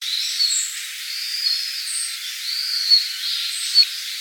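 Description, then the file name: Red-flanked bluetail calls: brief, thin, high whistled notes at irregular intervals, some higher and sharper than others, over a soft steady hiss. "ruribitaki"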